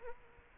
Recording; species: mosquito wingbeat signal from an infrared sensor; Aedes aegypti